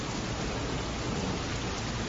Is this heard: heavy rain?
yes